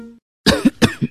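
Two harsh, rough coughs in quick succession from an adult, acted to portray a flu cough that keeps the person up at night, in a NyQuil Intense Flu commercial.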